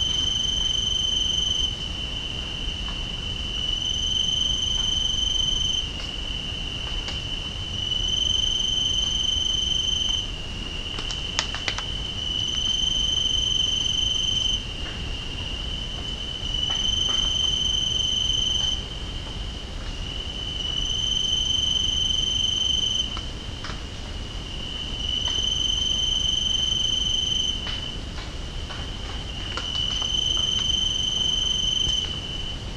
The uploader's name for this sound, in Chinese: 夏夜鸣蝉